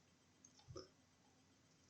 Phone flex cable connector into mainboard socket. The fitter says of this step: very satisfying little click there